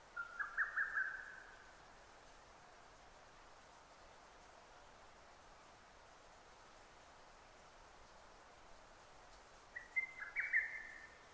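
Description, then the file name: Lesser cuckoo song: a quick, jerky whistled phrase of several notes near the start, then silence, then another similar phrase near the end, over a faint steady hiss. 6 June 2009. "hototogisu 20090606"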